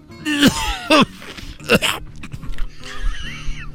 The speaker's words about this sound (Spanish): Estás tosiendo como el brujo mayor, querido hermano. Ah, querido hermano. Si no sabes que es bueno para la para la tos porque tengo mucha tengo mucha tos.